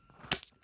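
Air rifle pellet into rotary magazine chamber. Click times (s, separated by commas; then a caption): 0.3 s. A lead pellet is pressed down into a chamber of the rotary magazine of a select-fire PCP air rifle and snaps fully to the bottom with a sharp snap at 0.3 s. Smaller clicks follow at 0.4 s and 0.7 s. The pellet is seated.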